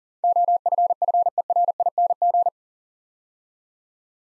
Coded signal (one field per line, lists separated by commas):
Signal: Morse code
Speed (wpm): 40 wpm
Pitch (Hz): 700 Hz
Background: none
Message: OFFERING